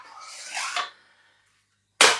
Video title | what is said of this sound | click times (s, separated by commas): Sarsılmaz Magic Max5 Camo | bunu geriye doğru getirip şöyle gittiğimiz zaman bu şöyle yerine tık diye oturur. Evet | 2.0 s